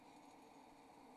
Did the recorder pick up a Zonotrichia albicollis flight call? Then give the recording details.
no. No flight call is heard. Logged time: 03:04 on 28 November 2014